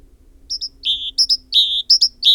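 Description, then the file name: Great tit repeating a clear phrase of two short high notes and a drawn-out lower whistle, several times in quick succession. "Parus major"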